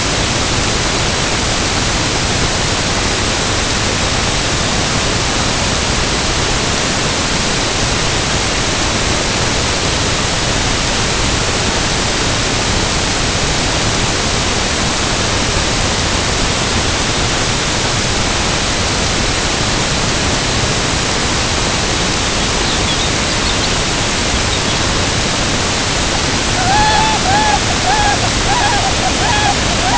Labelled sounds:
Lapland Longspur (Calcarius lapponicus), Tundra Swan (Cygnus columbianus)
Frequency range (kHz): Lapland Longspur (Calcarius lapponicus) 2.6-5.4 kHz; Tundra Swan (Cygnus columbianus) 0.5-4.8 kHz
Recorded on Arctic tundra, site UTQI-5, on 21 June 2018
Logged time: 06:00

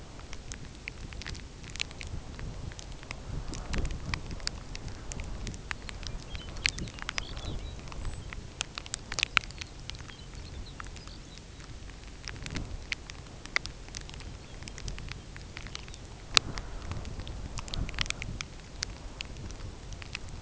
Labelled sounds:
Lapland Longspur (Calcarius lapponicus)
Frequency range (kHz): Lapland Longspur (Calcarius lapponicus) 1.8-5.6 kHz
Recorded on Arctic tundra, site UTQI-5, on 13 June 2019
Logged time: 18:00

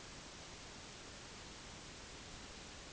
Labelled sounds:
none
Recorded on Arctic tundra, site NAIT-1, on 30 June 2019
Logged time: 06:00

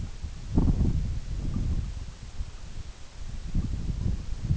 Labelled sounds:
none
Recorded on Arctic tundra, site EABA-MC, on 21 June 2019
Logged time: 20:00

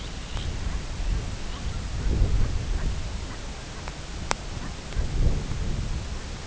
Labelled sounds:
Arctic Tern (Sterna paradisaea), Brent Goose (Branta bernicla)
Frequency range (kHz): Arctic Tern (Sterna paradisaea) 2.2-4.4 kHz
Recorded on Arctic tundra, site CORI-1, on 18 June 2018
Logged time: 22:00

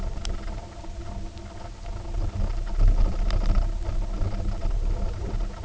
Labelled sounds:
none
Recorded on Arctic tundra, site UTQI-0, on 19 June 2018
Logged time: 02:00

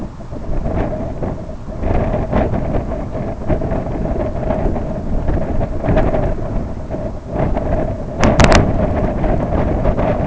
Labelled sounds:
none
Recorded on Arctic tundra, site IGLO-B, on 24 June 2018
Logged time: 01:59

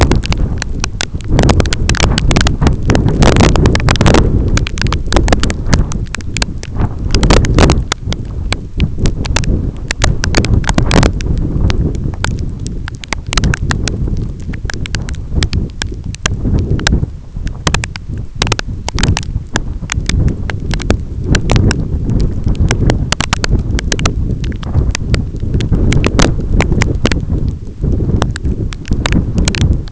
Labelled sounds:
none
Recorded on Arctic tundra, site EABA-1, on 25 June 2018
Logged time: 06:00

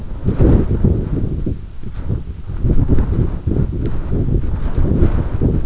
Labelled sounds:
none
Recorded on Arctic tundra, site EABA-1, on 22 June 2018
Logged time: 14:00

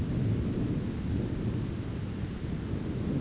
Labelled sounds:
none
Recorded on Arctic tundra, site ZACK-1, on 15 June 2019
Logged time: 19:49

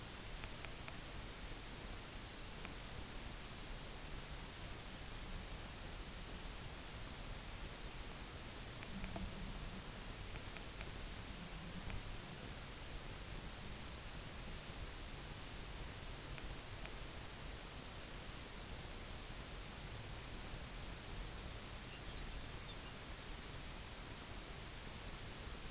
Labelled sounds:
Lapland Longspur (Calcarius lapponicus)
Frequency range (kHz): Lapland Longspur (Calcarius lapponicus) 1.9-6.7 kHz
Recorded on Arctic tundra, site UTQI-0, on 22 June 2018
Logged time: 12:00

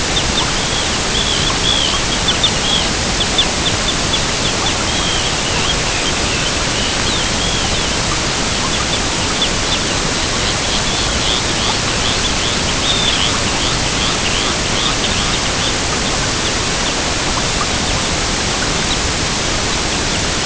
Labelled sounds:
Arctic Tern (Sterna paradisaea)
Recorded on Arctic tundra, site EABA-MC, on 22 June 2019
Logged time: 16:00

